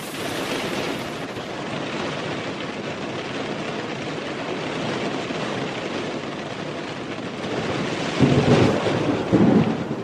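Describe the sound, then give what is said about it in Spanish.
Steady, hissing rain pours throughout, and near the end a deep rumble of thunder rolls in with two heavy swells, briefly louder than the downpour. “Se escucha chido, ¿no? A mí me gusta mucho la lluvia”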